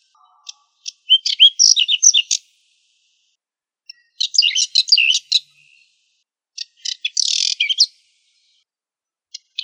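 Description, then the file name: Whinchat song: three separate phrases of rapid, jumbled chirps and a harsh buzzy note, with isolated clicks in the pauses. "chekan lugovojj"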